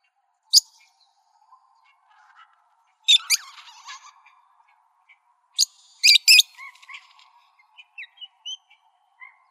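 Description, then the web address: Parrot squawks: harsh, grating screeches in bursts, with a double screech near the middle, then scattered short chirps and whistled notes. "Sound Library Parrots"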